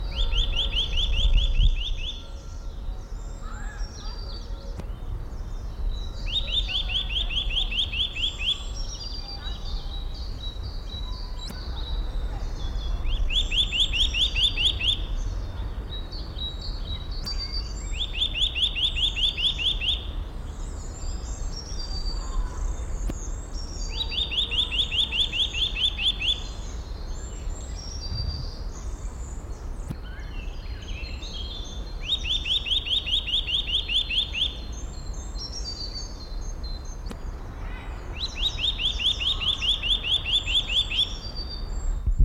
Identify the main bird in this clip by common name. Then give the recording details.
Eurasian Nuthatch. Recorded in the wild. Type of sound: call, call sequence. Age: adult. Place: Schloßpark Niederschönhausen, Berlin, DE. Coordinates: 52.58, 13.41. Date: 1994-04-17 12:05. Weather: heiter bis wolkig, 8 bis 10°C. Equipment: Marantz CP 430, Sennheiser ME 80, Kopie Uher Variocord 263. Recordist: Tembrock, Günter. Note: Rufreihen